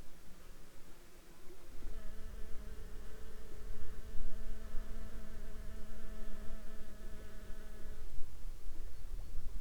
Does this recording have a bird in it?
no